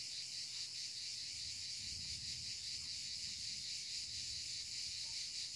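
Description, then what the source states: Cricket chorus, a steady high shimmering trill without pause, with a brief low rumble partway through and a faint low hum beneath. Recorded in the mountains.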